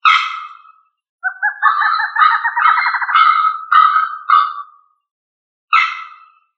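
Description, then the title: Songbird song opening with a harsh burst, then a long, rolling pulsed trill that breaks into several buzzy notes. A final harsh burst comes after a pause. "LuckyPassaro Completos2Sama"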